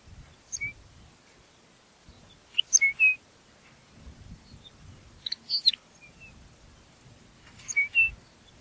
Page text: Ryan P. O'Donnell - Лапландский подорожник (Calcarius lapponicus)